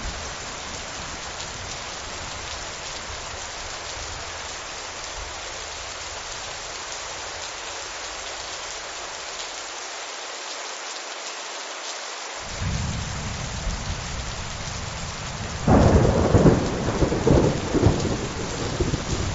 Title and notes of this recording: Thunderstorm with Heavy Rain. Sounds of rain and thunder